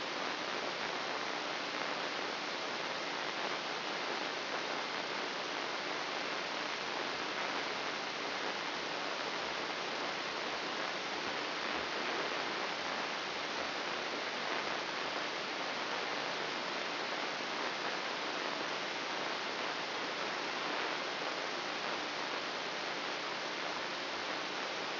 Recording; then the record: brain microelectrode recording played as sound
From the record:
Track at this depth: inside the subthalamic nucleus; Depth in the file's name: 4.709 mm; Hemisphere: left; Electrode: 3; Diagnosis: Parkinson's disease